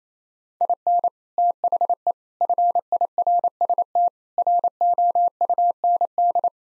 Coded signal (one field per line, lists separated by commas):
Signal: Morse code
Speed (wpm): 28 wpm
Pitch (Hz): 700 Hz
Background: none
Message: IN THE FIRST ROUND